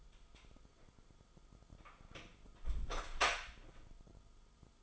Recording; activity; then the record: daily activity, microphone in the room; close door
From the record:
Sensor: 5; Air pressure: 1005.1 hPa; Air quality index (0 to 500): 88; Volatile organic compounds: 2 ppm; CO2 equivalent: 1064 ppm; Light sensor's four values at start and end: 35/81/32/31 and 35/81/32/31